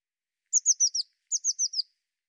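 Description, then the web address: Bird call: two quick groups of four high, thin notes, each note sliding downward, separated by a short pause. "cianscape birddata Deverinetal 2025 File cleaned normalized Bird Cy Ca"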